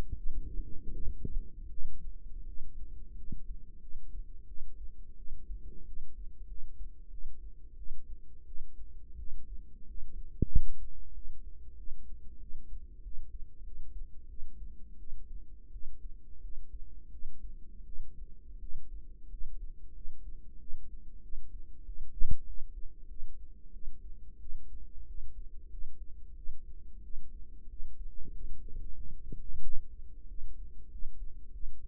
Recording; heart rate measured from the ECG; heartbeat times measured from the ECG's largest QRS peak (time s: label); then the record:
heart sounds by microphone in the right ear; 90 bpm
0.13 s: heartbeat
0.91 s: heartbeat
1.68 s: heartbeat
2.44 s: heartbeat
3.14 s: heartbeat
3.78 s: heartbeat
4.45 s: heartbeat
5.15 s: heartbeat
5.84 s: heartbeat
6.46 s: heartbeat
7.09 s: heartbeat
7.75 s: heartbeat
8.44 s: heartbeat
9.16 s: heartbeat
9.85 s: heartbeat
10.48 s: heartbeat
11.12 s: heartbeat
11.75 s: heartbeat
12.38 s: heartbeat
13.01 s: heartbeat
13.62 s: heartbeat
14.27 s: heartbeat
14.96 s: heartbeat
15.70 s: heartbeat
16.40 s: heartbeat
17.09 s: heartbeat
17.83 s: heartbeat
18.58 s: heartbeat
19.28 s: heartbeat
19.93 s: heartbeat
20.57 s: heartbeat
21.21 s: heartbeat
21.84 s: heartbeat
22.44 s: heartbeat
23.07 s: heartbeat
23.71 s: heartbeat
24.38 s: heartbeat
25.05 s: heartbeat
25.69 s: heartbeat
26.34 s: heartbeat
27.01 s: heartbeat
27.67 s: heartbeat
28.31 s: heartbeat
28.95 s: heartbeat
29.60 s: heartbeat
30.26 s: heartbeat
30.89 s: heartbeat
31.50 s: heartbeat
From the record:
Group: healthy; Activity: rest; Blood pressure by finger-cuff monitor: 86/58 mmHg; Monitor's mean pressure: 67 mmHg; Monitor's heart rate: 91 bpm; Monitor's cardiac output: 7.1 L/min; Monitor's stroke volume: 78 mL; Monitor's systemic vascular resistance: 670 dyn s/cm5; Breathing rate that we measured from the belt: 20 breaths a minute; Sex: female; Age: 19 years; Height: 163 cm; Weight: 48.9 kg